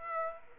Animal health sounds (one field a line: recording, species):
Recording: mosquito wingbeat signal from an infrared sensor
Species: Aedes aegypti